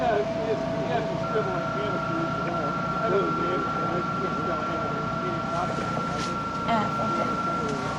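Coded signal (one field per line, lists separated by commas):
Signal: PSK31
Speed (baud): 31.25 baud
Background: speech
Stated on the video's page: Field Day operation.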